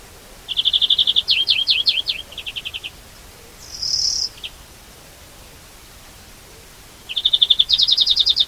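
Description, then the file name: European greenfinch song: a rattling trill with twangy notes, a pause broken by a short buzzy wheeze, then more trills. "Chloris chloris"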